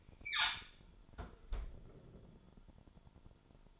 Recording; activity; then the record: daily activity, microphone in the room; close fridge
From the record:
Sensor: 5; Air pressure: 1007.9 hPa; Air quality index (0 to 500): 96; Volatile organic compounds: 1 ppm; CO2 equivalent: 748 ppm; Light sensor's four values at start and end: 42/97/41/43 and 42/96/40/42